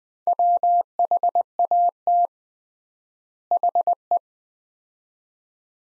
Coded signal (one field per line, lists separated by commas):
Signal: Morse code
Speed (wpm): 20 wpm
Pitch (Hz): 700 Hz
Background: none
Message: WHAT HE